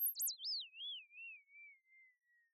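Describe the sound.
Bird call: a clean whistled note that starts high and warbling, then glides steadily down into a long fading tone, with soft pulses of loudness and no other sounds.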